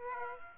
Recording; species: mosquito wingbeat signal from an infrared sensor; Aedes aegypti